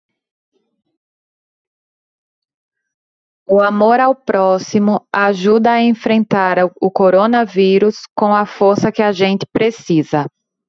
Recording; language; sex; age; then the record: spoken sentence; Brazilian Portuguese; female; 30 to 39 years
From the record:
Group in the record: control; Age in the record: 33 years